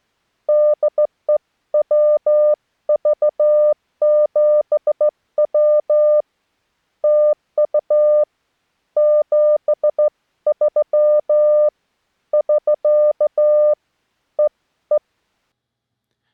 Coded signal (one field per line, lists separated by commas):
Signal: Morse code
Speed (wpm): 14 wpm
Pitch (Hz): 600 Hz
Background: none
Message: DE WV7W TU 73 <SK> EE